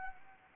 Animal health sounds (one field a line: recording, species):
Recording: mosquito wingbeat signal from an infrared sensor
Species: Anopheles arabiensis